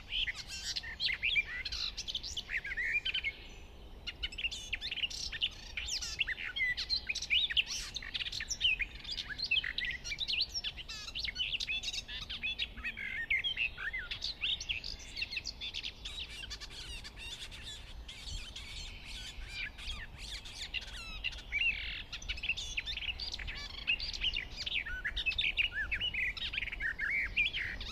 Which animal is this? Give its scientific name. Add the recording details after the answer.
Sylvia borin. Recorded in the wild. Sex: male. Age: adult. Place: Hobrechtsfelder Rieselfelder, Naturpark Barnim, Berlin, DE. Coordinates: 52.66, 13.4767. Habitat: decidous forest. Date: 2013-05-12. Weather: sunny, weak winds, 10°C. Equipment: Sound Devices 702, Sennheiser MKH 70, Rycote Windschutz. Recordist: Frommolt, Karl-Heinz